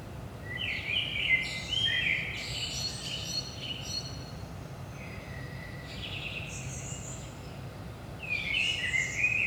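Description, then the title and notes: Common blackbird delivering fluted warbling phrases, one long at the start, then shorter ones around six and nine seconds, tails of high twittering, steady low rumble behind. Saint-Gilles, Belgium; about 5 am, early morning; recorded with DPA 4060 microphones in AB placement into a Zoom F3. "Saint-Gilles, Belgique - 5am Blackbird. Blackbird in the morning. Merle au petit matin"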